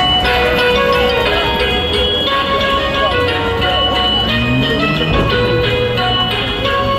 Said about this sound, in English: Pojawiły się tam specjalne skrzynki pocztowe, zakartki i listy dziękują, grając popularne bożonarodzeniowe piosenki. Na Oxford Street pada, raczej szaro, ale wystarczy wrzucić list i już robi się świątecznie.